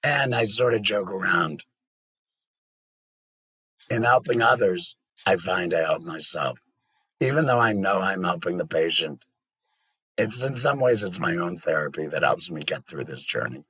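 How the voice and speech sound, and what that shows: A low-pitched adult man's voice, around 110 Hz, with a slightly rough, creaky edge, speaking in fluent phrases separated by pauses. This is alaryngeal speech after total laryngectomy for stage 4 squamous cell carcinoma of the larynx that invaded the cartilage: voice produced without a larynx or vocal folds, here clear, easy to understand and of good quality.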